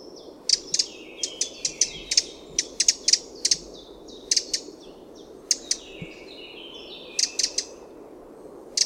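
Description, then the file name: Eurasian wren calling with sharp dry ticks, singly and in short runs, steady throughout, with softer high whistled notes in the background. "Troglodytes troglodytes"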